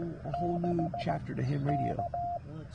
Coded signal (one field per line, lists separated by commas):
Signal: Morse code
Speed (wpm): 15 wpm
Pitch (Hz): 690 Hz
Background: speech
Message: 6 K